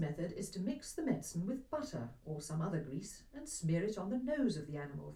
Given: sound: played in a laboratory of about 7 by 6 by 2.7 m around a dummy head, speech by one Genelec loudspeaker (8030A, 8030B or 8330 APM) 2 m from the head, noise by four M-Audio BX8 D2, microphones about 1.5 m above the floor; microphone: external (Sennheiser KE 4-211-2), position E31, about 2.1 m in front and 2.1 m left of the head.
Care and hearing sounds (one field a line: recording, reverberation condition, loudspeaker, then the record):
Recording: female speech in English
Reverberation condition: low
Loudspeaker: 150 degrees to the left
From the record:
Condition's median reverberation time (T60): about 310 ms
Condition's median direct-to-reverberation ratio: about 3.5 dB